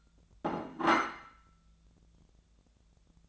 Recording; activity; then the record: daily activity, microphone in the room; place plate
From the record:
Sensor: 3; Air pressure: 1000.2 hPa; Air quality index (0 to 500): 140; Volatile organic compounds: 2 ppm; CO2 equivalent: 1238 ppm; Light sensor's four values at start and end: 35/87/37/40 and 35/87/37/40